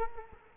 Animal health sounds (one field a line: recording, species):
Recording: mosquito wingbeat signal from an infrared sensor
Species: Culex quinquefasciatus